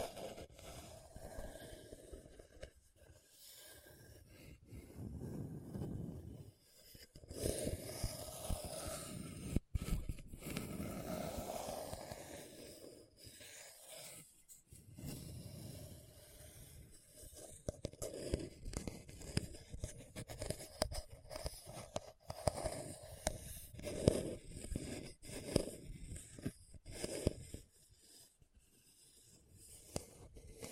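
Scratching across a hard, bumpy surface, with rough, grainy strokes that come in uneven bursts and short pauses. The texture shifts between low rumbling scrapes and brighter hissy passes, with occasional sharp clicks, notably near 10 and 24 seconds.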